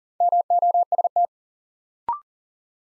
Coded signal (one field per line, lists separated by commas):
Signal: Morse code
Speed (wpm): 40 wpm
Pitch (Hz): 700 Hz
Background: none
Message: MOST